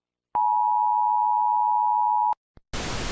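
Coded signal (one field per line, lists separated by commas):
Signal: Emergency Alert System (SAME) tones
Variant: 853 and 960 Hz attention tone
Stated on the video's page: Fictional simulated EAS scenario.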